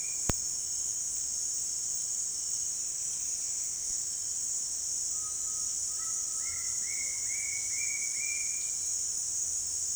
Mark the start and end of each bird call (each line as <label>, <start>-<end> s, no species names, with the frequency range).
bird call (0.8-2.6 kHz), 5.12-8.71 s